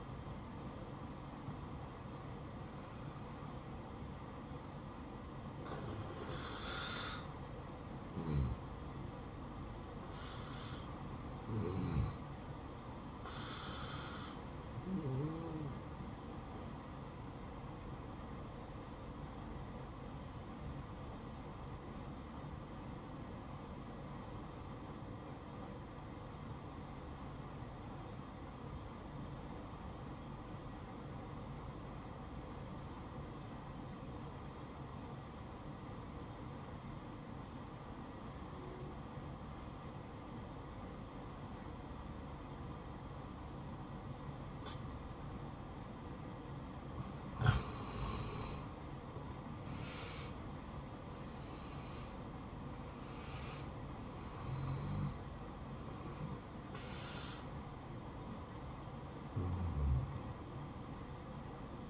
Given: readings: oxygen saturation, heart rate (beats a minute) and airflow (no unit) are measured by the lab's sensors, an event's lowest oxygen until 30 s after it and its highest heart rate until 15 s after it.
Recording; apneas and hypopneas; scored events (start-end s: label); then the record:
breathing in sleep by a smartphone at the bedside; 1
20.00-49.20 s: obstructive apnea (N1, oxygen 96% highest, then 88% lowest, heart rate 65 at the start, 75 highest)
28.00-58.00 s: new sleep stage, N2 (light sleep)
58.00-61.90 s: new sleep stage, N1 (lightest sleep)
From the record:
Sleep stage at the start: N1 (lightest sleep); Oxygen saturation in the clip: 88 to 96%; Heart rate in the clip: 61 to 75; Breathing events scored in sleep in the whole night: 573 in 9.8 hours asleep